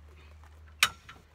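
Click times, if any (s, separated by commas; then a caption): 0.8 s. A Rockymounts Backstage hitch-mount bike rack, whose swing-away arm opens for access to a tailgate or SUV, is swung back closed until its metal latch engages. A loud, sharp metallic click at 0.8 s shows the latch clicking home and seated, with faint ticks before and after over a low steady hum.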